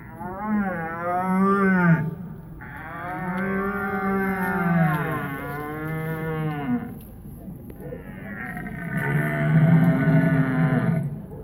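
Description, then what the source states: Red deer roaring in several long, deep, harmonic bellows separated by short pauses. Rutting calls near Mława, Poland, November 2019.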